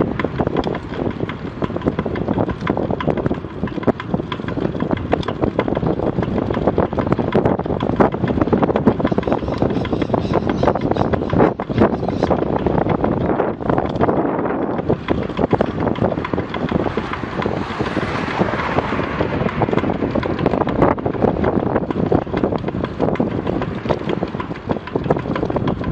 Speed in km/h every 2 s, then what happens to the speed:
22, 24, 24, 24, 24, 23, 24, 25, 25, 25, 24, 24, 23.
0-26 steady at about 24.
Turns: none.